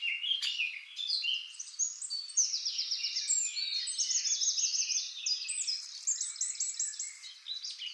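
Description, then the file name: Eurasian blackcap giving a continuous rambling warble, studded with several rapid trills of identical high notes. "Sylvia atricapilla"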